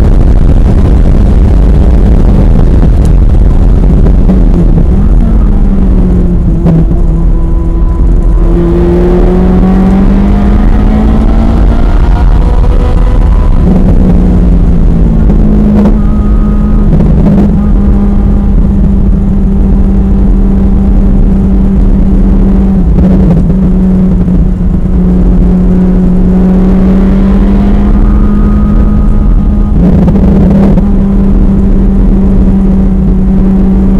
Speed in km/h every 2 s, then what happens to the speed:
171, 134, 97, 90, 109, 130, 135, 114, 109, 106, 105, 101, 100, 114, 111, 105, 106.
0-5 brakes to 90. 5-11 speeds up to 135. 11-23 slows to 100. 23-26 speeds up to 114. 26-30 slows to 105.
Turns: 13-21, 26-34.